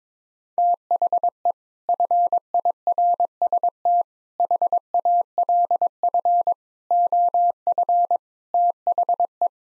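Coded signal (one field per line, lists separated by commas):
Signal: Morse code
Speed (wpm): 21 wpm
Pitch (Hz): 700 Hz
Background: none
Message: THE FIRST HALF OF THE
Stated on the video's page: Morse practice at 22 wpm: sentences of common five-word phrases, sent, spoken, then sent again, for head-copy training.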